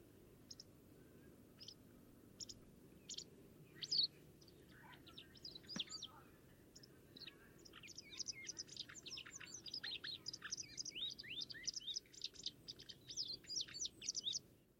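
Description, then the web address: White wagtail calls: scattered sharp chirps at first, building into a dense stream of high twittering notes and quick slurs, over a soft steady background hiss. "cianscape birddata Deverinetal 2025"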